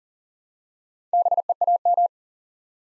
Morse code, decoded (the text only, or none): BEAM